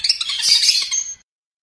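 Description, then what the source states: Long-tailed shrike song, a harsh, scratchy burst of high, dense notes lasting about a second, then silence. Training recording for songbird keepers, Indonesian "cendet"; master recording 7.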